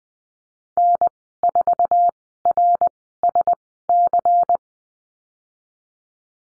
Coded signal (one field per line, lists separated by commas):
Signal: Morse code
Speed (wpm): 20 wpm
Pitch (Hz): 700 Hz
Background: none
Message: N4RSC